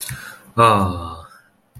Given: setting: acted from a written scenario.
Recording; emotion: vocal sound without words; adoration